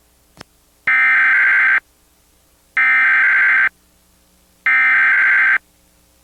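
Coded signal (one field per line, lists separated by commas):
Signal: Emergency Alert System (SAME) tones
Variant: header bursts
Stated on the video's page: Emergency alert system test broadcast on television in the New York City area.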